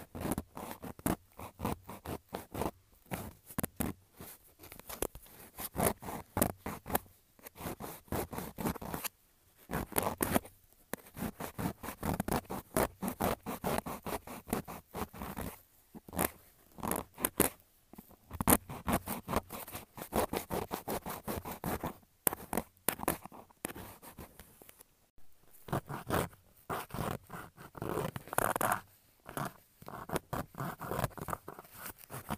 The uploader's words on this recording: ASMR Cutting and Filing my Nails.